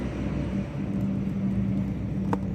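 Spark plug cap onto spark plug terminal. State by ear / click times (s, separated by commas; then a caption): seated / 2.3 s. The rubber spark plug cap (boot) on a scooter engine is forced further onto the spark plug terminal until it snaps on, with a sharp click at 2.3 seconds. A steady low rumble runs underneath throughout, and the cap is seated on the plug.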